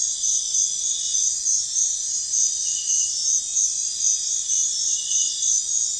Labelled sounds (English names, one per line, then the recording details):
none
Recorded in pastures near Puerto Asís, Putumayo, Colombia, on 4 March 2025 at 04:00
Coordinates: 0.502, -76.324
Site GP07